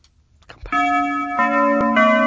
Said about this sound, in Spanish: Campana. ¿Campana? Por favor.